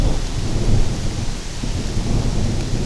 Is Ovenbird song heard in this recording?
no